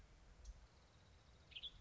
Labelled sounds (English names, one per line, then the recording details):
Western Tanager
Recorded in Sonoma County, California